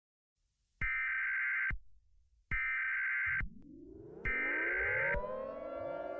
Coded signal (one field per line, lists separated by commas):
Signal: Emergency Alert System (SAME) tones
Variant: header bursts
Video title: EAS Test Mock: Werewolf Attack.